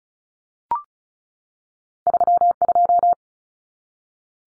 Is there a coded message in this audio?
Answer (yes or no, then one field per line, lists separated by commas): yes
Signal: Morse code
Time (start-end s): 2.1-3.1 s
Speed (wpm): 34 wpm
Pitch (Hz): 700 Hz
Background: none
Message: 32